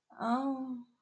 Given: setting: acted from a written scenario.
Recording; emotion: vocal sound without words; embarrassment